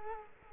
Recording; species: mosquito wingbeat signal from an infrared sensor; Culex quinquefasciatus